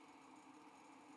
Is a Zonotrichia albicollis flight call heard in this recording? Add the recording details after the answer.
no. No flight call is heard. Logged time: 08:06 on 5 December 2014